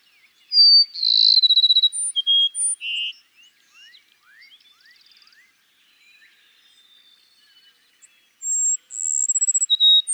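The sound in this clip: Cassin's sparrow sings a full phrase of whistled note, rapid trill and clipped notes, then faint sweeping notes before the song begins again.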